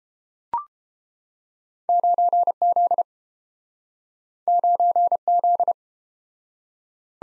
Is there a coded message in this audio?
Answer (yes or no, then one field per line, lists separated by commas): yes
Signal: Morse code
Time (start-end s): 1.9-5.7 s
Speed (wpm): 30 wpm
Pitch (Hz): 700 Hz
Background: none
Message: 9Z 9Z